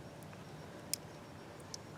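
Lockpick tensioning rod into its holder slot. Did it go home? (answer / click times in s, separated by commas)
yes / 0.9 s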